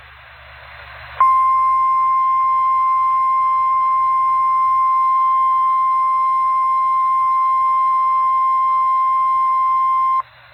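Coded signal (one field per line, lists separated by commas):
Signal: Emergency Alert System (SAME) tones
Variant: 1050 Hz attention tone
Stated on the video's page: Severe Thunderstorm Warning received on weather radio station WXL42.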